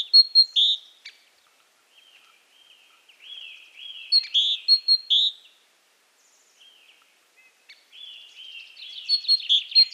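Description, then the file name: Great tit calls in rapid series of high clipped notes mixed with lower buzzy, slurred chirps, in three bursts separated by softer twittering. "Parus major"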